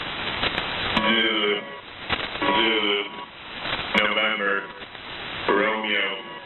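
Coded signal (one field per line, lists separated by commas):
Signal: coded military voice message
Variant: HFGCS Emergency Action Message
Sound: a voice reading four short, evenly spaced words over radio hiss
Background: radio static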